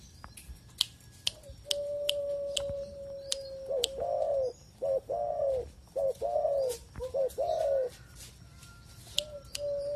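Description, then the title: Pigeon: a long steady tone gives way to pigeon coos, each a short note and a longer arched one, repeated four times, with sharp high clicks throughout. "Canto Da Pomba"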